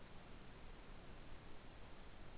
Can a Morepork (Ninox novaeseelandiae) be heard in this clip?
no